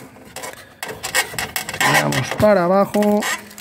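After checking the oil level, an engine oil dipstick is pushed back down into its tube in the engine bay of a Fiat Ducato / Citroën / Peugeot van, giving short knocks and rubbing, scraping sounds while someone talks. The dipstick has not yet pressed home and nothing has seated or clicked by the end of the clip.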